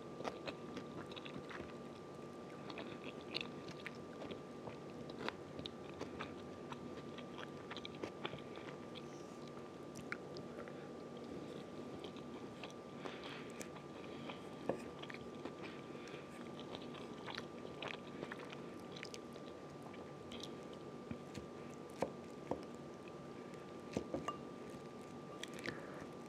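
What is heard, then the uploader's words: Someone eats fried rice topped with an egg. Small wet clicks and soft crunchy bites come often and irregularly across the whole stretch. Underneath runs a steady low hum with a faint thin whine held at one pitch. Egg over fried rice (eating sounds).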